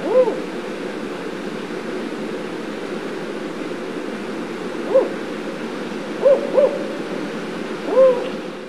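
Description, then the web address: Spotted Owl calling with deep, muffled hoots, two widely spaced single hoots, then a quick pair and a final longer hoot, against a continuous rushing background noise. "Songs of Birds of North America Stokes. Spotted Owl"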